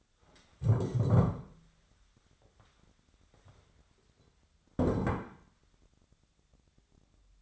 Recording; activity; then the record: daily activity, microphone in the room; stand up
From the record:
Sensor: 3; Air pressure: 1015.2 hPa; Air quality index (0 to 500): 137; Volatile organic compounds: 6 ppm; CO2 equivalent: 1938 ppm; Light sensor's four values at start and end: 15/38/15/16 and 12/31/12/14